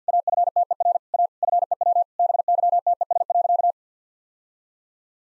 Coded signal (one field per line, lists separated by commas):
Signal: Morse code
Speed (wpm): 50 wpm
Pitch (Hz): 700 Hz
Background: none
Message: AFTER A FEW BYTES.